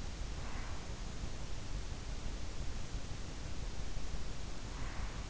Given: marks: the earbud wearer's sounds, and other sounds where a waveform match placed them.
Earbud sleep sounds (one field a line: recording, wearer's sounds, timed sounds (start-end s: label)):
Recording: sounds in sleep by an in-ear microphone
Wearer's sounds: breath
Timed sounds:
0.37-0.84 s: breath
4.77-5.30 s: breath